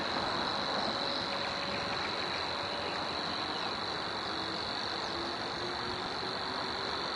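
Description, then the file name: Savi's warbler, a sustained monotonous buzzing reel, with short low tones and a noisy chorus beneath it. Recorded at Zakole Wawerskie on 3 May 2012 at 7:31. "2012-05-03-zakole-wawerskie-7-31-brzeczka"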